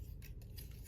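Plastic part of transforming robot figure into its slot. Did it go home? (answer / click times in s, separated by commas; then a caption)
no / none. A plastic part of a Newage H45 Firefox Air Guardian transforming robot figure, a plastic and die-cast figure, is being worked into its slot on the base of a piece. Brief scraping and rubbing handling noises are heard, with no sharp hits. Nothing has seated or clicked yet.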